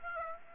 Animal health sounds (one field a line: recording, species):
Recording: mosquito wingbeat signal from an infrared sensor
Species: Aedes aegypti